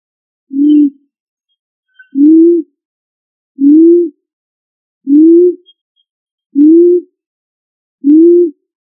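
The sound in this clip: Pigeon calling with six steady, low, slightly arched coos at a regular pace of about one every one and a half seconds.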